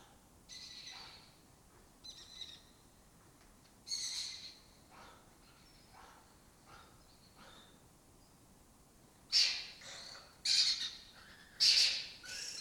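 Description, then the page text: Lesser kestrel calls, scattered scratchy notes, then three loud grating squawks about a second apart near the end. Colony breeding in an abandoned building complex in Doñana, southern Europe breeding area; migratory species that forages in West Africa. "Lesser Kestrels Took Over an Abandoned Building. A migratory raptor wich spends its foraging time in West Africa and breeds in southern Europe. Here in Doñana"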